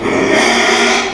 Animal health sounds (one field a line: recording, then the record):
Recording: squeal of a Yucatan mini pig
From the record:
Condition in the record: after surgery on the right vocal fold (resection and tissue-engineered implant)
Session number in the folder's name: 2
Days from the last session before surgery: 13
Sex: male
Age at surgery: 12 weeks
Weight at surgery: 13 kg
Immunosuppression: cyclosporine, prednisolone